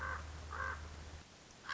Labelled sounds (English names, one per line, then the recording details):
Common Raven
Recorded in Sonoma County, California